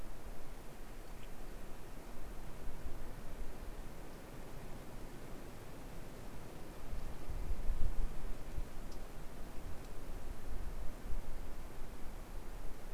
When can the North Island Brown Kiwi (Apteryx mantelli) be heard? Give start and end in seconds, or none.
none